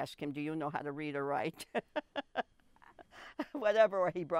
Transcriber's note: laughs